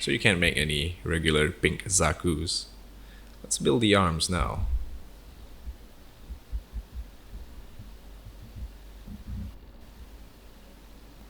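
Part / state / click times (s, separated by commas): plastic model kit arm part into arm assembly / not seated / none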